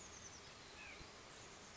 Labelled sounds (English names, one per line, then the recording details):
Oak Titmouse
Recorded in Sonoma County, California